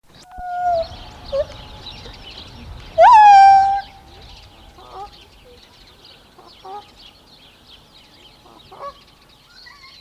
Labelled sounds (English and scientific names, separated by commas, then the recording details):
Lar Gibbon (Hylobates lar) song
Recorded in captivity
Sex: male
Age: diverse
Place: Tierpark Berlin, Berlin, DE
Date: 1981-04-18
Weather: sonnig 1°C
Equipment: Nagra SN, Kopie Uher 4200
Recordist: Tembrock, Günter